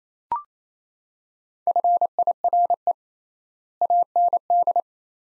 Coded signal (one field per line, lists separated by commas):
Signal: Morse code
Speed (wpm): 28 wpm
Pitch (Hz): 700 Hz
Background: none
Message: FIRE AND